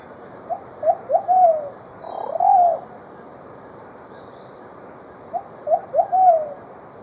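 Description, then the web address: Plumbeous pigeon song: a short phrase of soft coos, the first notes brief and the last drawn out, given twice with a single longer coo in between, over steady background hiss. Ecuador. "Birds of Ecuador. Plumbeous Pigeon"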